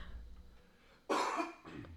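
A loud, harsh cough burst from an adult man, followed by a weaker second cough, slightly muffled in a small room.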